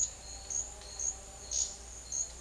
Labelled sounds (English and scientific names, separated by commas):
none